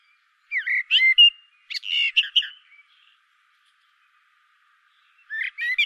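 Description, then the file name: Common blackbird song, two fluty warbled phrases, a long quiet gap, then another phrase begins. "Turdus merula"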